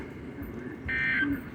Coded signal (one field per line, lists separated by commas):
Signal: Emergency Alert System (SAME) tones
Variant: end-of-message bursts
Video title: EAS/NWR Alert or message #1018-1019: Severe Thunderstorm Warning #20